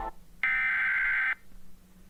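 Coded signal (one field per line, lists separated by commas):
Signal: Emergency Alert System (SAME) tones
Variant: header bursts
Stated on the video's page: Fictional scenario alert, not a real broadcast.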